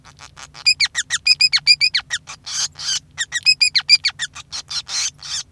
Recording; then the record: song of a male Bengalese finch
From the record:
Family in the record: son of father 5